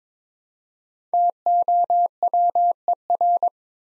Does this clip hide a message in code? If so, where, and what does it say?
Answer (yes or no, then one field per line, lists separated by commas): yes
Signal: Morse code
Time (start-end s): 1.1-3.5 s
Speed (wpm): 22 wpm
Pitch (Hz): 700 Hz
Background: none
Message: TOWER